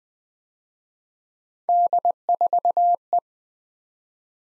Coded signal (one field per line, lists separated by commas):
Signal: Morse code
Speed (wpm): 22 wpm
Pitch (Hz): 700 Hz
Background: none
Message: D4E